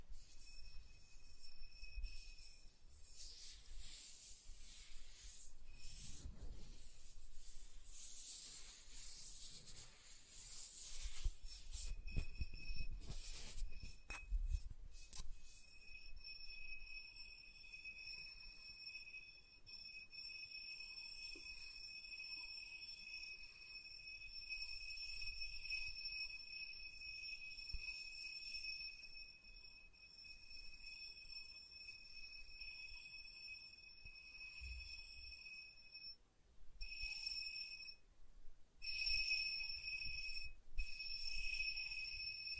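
Soft tracing strokes rub across a surface, louder bursts between about 6 and 16 seconds, under a steady high ringing tone with brief dropouts.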